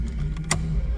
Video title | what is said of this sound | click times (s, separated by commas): 2005 Ford focus radio removal replacement install upgrade | Hear that click, pull out, and then pull out. | 0.5 s